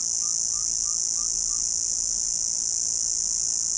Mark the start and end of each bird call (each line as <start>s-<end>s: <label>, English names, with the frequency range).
0.00s-1.62s: Ferruginous Pygmy-Owl (0.8-1.9 kHz)